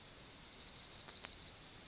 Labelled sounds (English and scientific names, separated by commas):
Yellowhammer (Emberiza citrinella) song